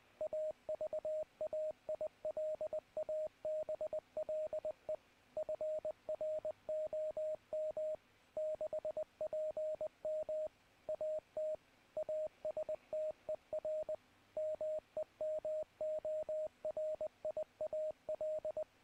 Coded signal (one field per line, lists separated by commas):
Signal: Morse code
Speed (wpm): 20 wpm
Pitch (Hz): 620 Hz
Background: radio noise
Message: AVAILABLE FROM 6PM AT ASTER MEMORIAL